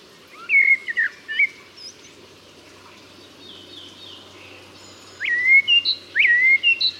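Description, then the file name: Common blackbird singing sharp, slurred whistled phrases, a gap of quiet, then more swooping whistles with high squeaky notes. "Turdus merula"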